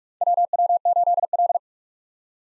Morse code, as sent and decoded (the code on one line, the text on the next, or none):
.-- .-- ---.. .-..
WW8L